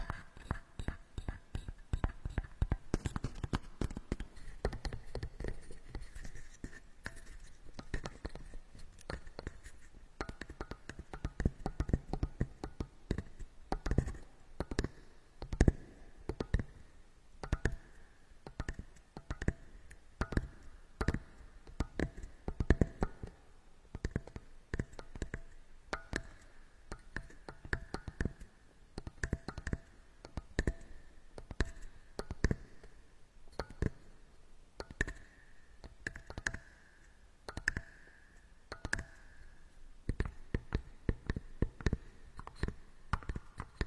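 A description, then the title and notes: Wood is gently beaten, a steady run of soft, crisp taps that come rapidly and fairly regularly for the whole stretch. Some taps land heavier and fuller, and a faint whisper-like murmur sits underneath. Gently beat the wood, asMr is crispy.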